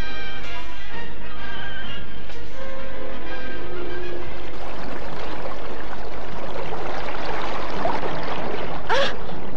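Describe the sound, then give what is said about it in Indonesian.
River water rushes and churns steadily around a raft in the middle of a river as a large fallen tree drifts downstream toward it, the flowing wash growing fuller and louder in the second half, with a sharp splash near the end. No one speaks. “Tetapi ketika sampai di tengah-tengah sungai, dari hulu datang sebatang pohon besar yang hanyut karena tumbang mengarah ke rakit yang ditumpangi oleh Lantri.”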